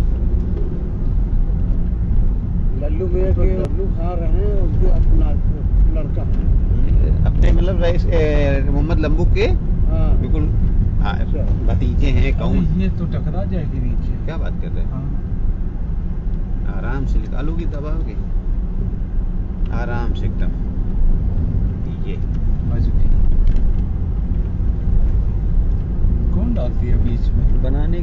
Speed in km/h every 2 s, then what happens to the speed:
20, 18, 16, 20, 24, 15, 13, 11, 8, 6, 6, 8, 16, 18.
4-8 speeds up to 24. 8-18 slows to 6. 22-28 speeds up to 18.